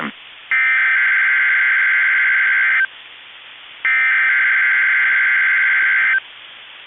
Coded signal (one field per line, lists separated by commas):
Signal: Emergency Alert System (SAME) tones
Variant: header bursts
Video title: EAS 2x Required Weekly Test North Dakota Tornado Drill and Minneapolis Test NOAA Weather Radio